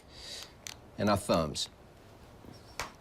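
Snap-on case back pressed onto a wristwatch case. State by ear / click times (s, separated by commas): seated / 2.8 s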